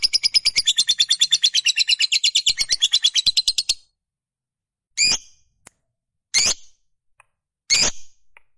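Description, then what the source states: Lovebird chattering in a fast, rapid pulsed burst for about four seconds, then three short sharp high chirps spaced about a second and a half apart. Fighter-type lovebird giving long chattering (ngekek panjang).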